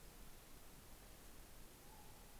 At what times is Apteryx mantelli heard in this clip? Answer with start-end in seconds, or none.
none